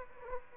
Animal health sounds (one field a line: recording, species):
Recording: mosquito wingbeat signal from an infrared sensor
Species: Aedes aegypti